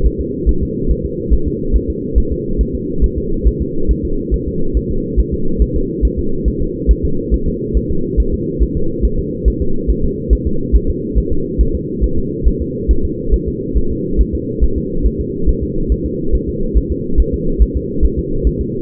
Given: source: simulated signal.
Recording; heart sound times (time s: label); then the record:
fetal heart sounds
0.07 s: S1
0.21 s: S2
0.49 s: S1
0.63 s: S2
0.91 s: S1
1.05 s: S2
1.34 s: S1
1.48 s: S2
1.76 s: S1
1.90 s: S2
2.18 s: S1
2.32 s: S2
2.61 s: S1
2.75 s: S2
3.04 s: S1
3.18 s: S2
3.48 s: S1
3.62 s: S2
3.91 s: S1
4.05 s: S2
4.34 s: S1
4.48 s: S2
4.77 s: S1
4.91 s: S2
5.20 s: S1
5.34 s: S2
5.62 s: S1
5.76 s: S2
6.05 s: S1
6.19 s: S2
6.48 s: S1
6.62 s: S2
6.91 s: S1
7.05 s: S2
7.34 s: S1
7.48 s: S2
7.77 s: S1
7.91 s: S2
8.20 s: S1
8.34 s: S2
8.63 s: S1
8.77 s: S2
9.05 s: S1
9.19 s: S2
9.48 s: S1
9.62 s: S2
9.90 s: S1
10.05 s: S2
10.33 s: S1
10.47 s: S2
10.76 s: S1
10.90 s: S2
11.18 s: S1
11.32 s: S2
11.61 s: S1
11.75 s: S2
12.04 s: S1
12.18 s: S2
12.48 s: S1
12.62 s: S2
12.91 s: S1
13.05 s: S2
13.34 s: S1
13.48 s: S2
13.78 s: S1
13.92 s: S2
14.21 s: S1
14.35 s: S2
14.64 s: S1
14.78 s: S2
15.06 s: S1
15.21 s: S2
15.49 s: S1
15.63 s: S2
15.92 s: S1
16.06 s: S2
16.35 s: S1
16.49 s: S2
16.77 s: S1
16.92 s: S2
17.20 s: S1
17.34 s: S2
17.62 s: S1
17.77 s: S2
18.05 s: S1
18.19 s: S2
18.47 s: S1
18.61 s: S2
From the record:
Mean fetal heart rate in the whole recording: 140 bpm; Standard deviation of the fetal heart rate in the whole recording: 2 bpm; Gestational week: 34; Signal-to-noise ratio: -8.1 dB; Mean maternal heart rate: 72 bpm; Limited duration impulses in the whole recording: absent